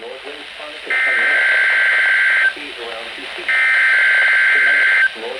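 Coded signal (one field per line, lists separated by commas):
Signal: Emergency Alert System (SAME) tones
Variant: header bursts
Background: speech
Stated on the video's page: NOAA Weather Radio required weekly tests received during tropospheric propagation.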